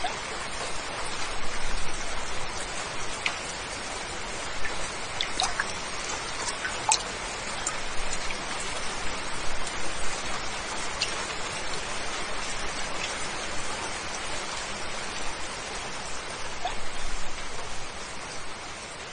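Steady rain falls throughout, a dense, even hiss with countless fine drops and no pauses. Occasional sharper taps stand out, around two, five and seven seconds and again later, like drops striking a hard surface, over a soft low rumble.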